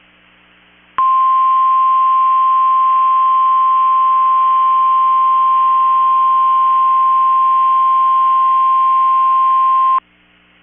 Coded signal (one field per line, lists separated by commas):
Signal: Emergency Alert System (SAME) tones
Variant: 1050 Hz attention tone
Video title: 3/6/24 - KEC65 Required Weekly Test (EAS #1008)